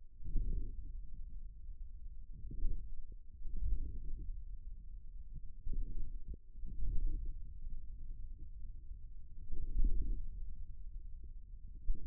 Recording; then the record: forearm muscle sounds (acoustic myography)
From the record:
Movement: wrist flexion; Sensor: system 1, eight BSWA MPA416 microphones around the upper forearm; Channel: 8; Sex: male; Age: 41 years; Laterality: right